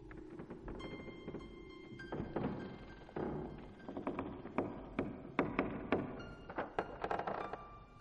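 A door is gently pushed open and creaks with drawn-out, tonal groaning, broken up by a series of hollow thunks and light knocks of moderate loudness. No one speaks.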